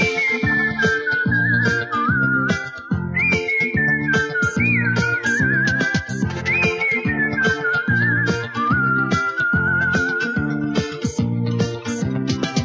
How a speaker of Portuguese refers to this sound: Das aves e o assobio do papai.